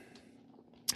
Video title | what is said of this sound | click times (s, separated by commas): Opening Hot Wheels McLaren - Porsche - Mercedes-Benz Diorama 2025 | um that you just snap it back on. | 0.9 s